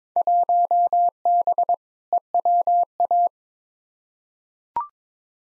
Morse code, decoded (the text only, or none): 1B EWA